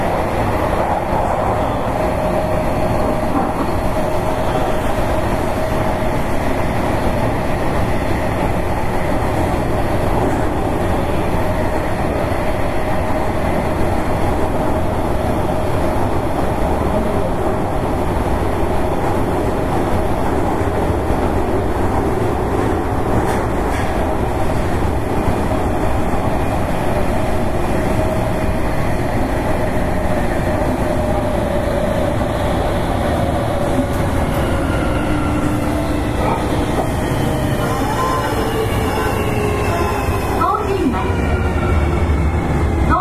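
A Series 305 electric train runs with a steady, dense rumble and rattle that stays constant in loudness throughout. A faint tone holds through the middle. Near the end, from about 34 seconds, a rising and falling whine sweeps upward as the motors change pitch.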